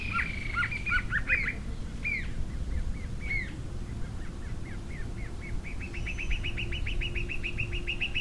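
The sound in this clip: Green-tailed jacamar calls: sharp high notes at the start, then scattered notes and a long fast series of repeated high notes near the end, over a low steady rumble.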